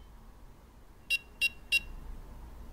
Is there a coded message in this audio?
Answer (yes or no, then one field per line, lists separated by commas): no